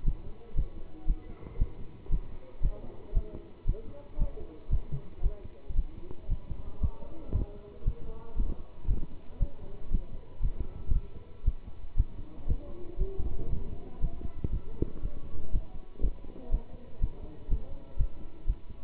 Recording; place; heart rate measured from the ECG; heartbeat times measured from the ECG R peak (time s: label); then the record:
heart sounds by stethoscope; between the tricuspid and mitral areas; 117 bpm
0.04 s: heartbeat
0.55 s: heartbeat
1.06 s: heartbeat
1.58 s: heartbeat
2.09 s: heartbeat
2.61 s: heartbeat
3.13 s: heartbeat
3.65 s: heartbeat
4.17 s: heartbeat
4.69 s: heartbeat
5.22 s: heartbeat
5.74 s: heartbeat
6.28 s: heartbeat
6.79 s: heartbeat
7.32 s: heartbeat
7.84 s: heartbeat
8.36 s: heartbeat
8.87 s: heartbeat
9.39 s: heartbeat
9.90 s: heartbeat
10.40 s: heartbeat
10.92 s: heartbeat
11.44 s: heartbeat
11.96 s: heartbeat
12.46 s: heartbeat
12.97 s: heartbeat
13.49 s: heartbeat
14.00 s: heartbeat
14.51 s: heartbeat
15.01 s: heartbeat
15.51 s: heartbeat
16.00 s: heartbeat
16.50 s: heartbeat
17.00 s: heartbeat
17.48 s: heartbeat
17.97 s: heartbeat
18.46 s: heartbeat
From the record:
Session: pedaling a stationary bicycle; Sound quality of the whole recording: good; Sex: male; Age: 27 years